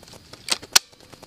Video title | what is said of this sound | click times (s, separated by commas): Honest Review: BoomCo Colossal Blitz / Dartsplosion ( Worth $100?!? ) | that seems very correct snapped into place and everything | 0.8 s